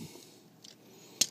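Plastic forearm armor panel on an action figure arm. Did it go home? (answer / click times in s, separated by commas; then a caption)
yes / 1.2 s. The plastic forearm armor panel on the arm of a MakeToys MT-02P Battle Sentinel SG SP action figure is folded over and pressed until it snaps all the way around the arm. A faint tick comes at 0.7 s, then a sharp, loud snap at 1.2 s as the panel seats fully closed.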